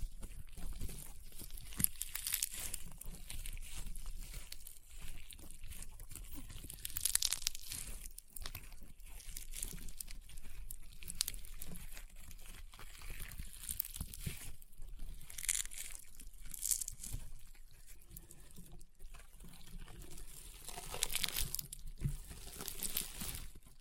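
Honeycomb slime crunches and pops in irregular bursts of crisp, bright crackling, with quieter squishy stretches between, peaking around 7, 15 and 22 seconds.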